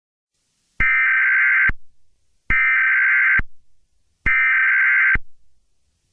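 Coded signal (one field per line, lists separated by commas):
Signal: Emergency Alert System (SAME) tones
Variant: header bursts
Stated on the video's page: Fictional emergency alert from a game, a contagious disease warning.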